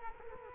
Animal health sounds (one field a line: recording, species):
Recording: mosquito wingbeat signal from an infrared sensor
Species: Culex quinquefasciatus